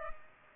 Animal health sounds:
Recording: mosquito wingbeat signal from an infrared sensor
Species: Culex pipiens

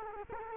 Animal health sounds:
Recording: mosquito wingbeat signal from an infrared sensor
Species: Culex quinquefasciatus

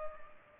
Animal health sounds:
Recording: mosquito wingbeat signal from an infrared sensor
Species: Culex pipiens

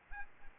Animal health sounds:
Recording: mosquito wingbeat signal from an infrared sensor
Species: Aedes albopictus

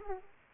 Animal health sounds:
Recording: mosquito wingbeat signal from an infrared sensor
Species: Aedes aegypti

